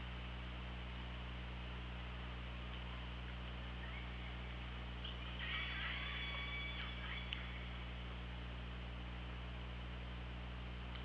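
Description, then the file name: Orca pulsed call: a single harmonic, slightly wavering call lasting about two seconds midway through, over a steady low underwater hum and hiss. OrcaLab hydrophone recording, 24 August 2017, about 18:54. "Orca Lab UTLN JASON 20170824 185424 ORCALABDYNI"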